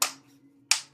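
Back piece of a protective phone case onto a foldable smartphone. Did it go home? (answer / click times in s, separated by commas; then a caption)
yes / 0.0 s, 0.7 s. The plastic back piece of a dbrand Grip protective case is pressed onto the back of a Samsung Galaxy Z Fold 6 foldable smartphone. Two sharp clicks ring out at 0.0 and 0.7 seconds as its edges snap over the phone, with a faint low steady hum underneath. The back piece is seated.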